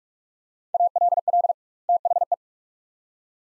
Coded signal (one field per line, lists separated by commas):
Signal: Morse code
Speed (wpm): 46 wpm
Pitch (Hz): 700 Hz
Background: none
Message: ALL THE